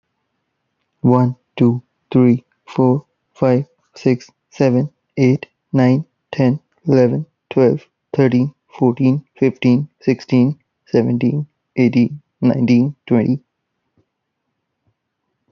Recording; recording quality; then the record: counting at a normal pace; excellent, no background noise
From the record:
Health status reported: healthy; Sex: male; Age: 26 years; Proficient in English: yes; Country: Canada